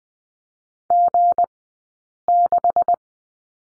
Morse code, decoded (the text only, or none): G6